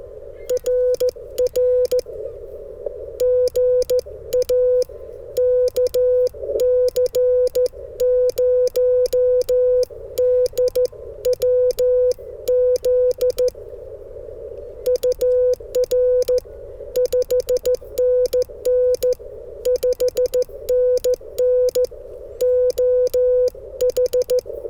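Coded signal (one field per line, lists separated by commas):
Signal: Morse code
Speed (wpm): 13 wpm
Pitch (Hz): 500 Hz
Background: none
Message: RR GA KC0DWZ UR 5NN 5NN OH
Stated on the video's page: Parks on the Air activation with a portable QRP station, Icom IC-705 on battery, antenna in a tree.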